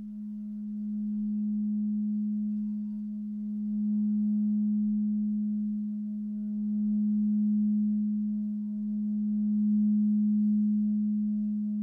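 A planetary gong rings as one steady low hum with a few faint higher tones above, slowly swelling and fading every few seconds.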